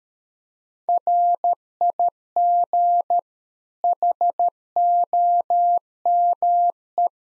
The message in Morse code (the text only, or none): RIG HOME